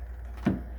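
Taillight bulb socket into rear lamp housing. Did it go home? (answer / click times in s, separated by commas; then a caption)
yes / 0.5 s. On a 2003 GM Cavalier during a taillight recall repair, a taillight bulb socket is pushed under the rubber seal and turned to lock it into the plastic rear lamp housing. Over a steady low hum, a single short, sharp click sounds at about 0.5 s as the socket seats in the housing.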